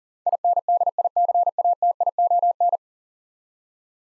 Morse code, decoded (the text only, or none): INDICATION